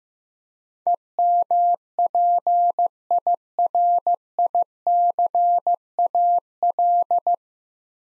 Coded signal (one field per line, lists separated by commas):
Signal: Morse code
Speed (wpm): 15 wpm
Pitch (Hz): 700 Hz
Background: none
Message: EMPIRICAL